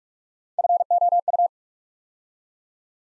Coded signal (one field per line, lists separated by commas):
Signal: Morse code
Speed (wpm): 44 wpm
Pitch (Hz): 700 Hz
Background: none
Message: FOU